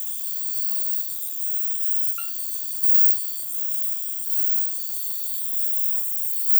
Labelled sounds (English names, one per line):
none